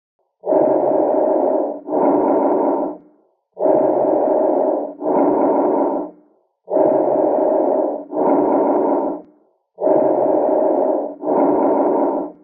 Bronchovesicular Sound.